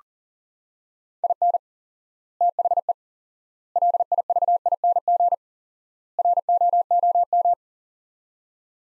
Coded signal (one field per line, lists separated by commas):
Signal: Morse code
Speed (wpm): 37 wpm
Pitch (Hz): 700 Hz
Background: none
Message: IN THE LIVING ROOM